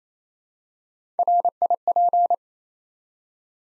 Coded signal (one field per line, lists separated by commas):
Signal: Morse code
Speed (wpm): 28 wpm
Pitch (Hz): 700 Hz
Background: none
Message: RIP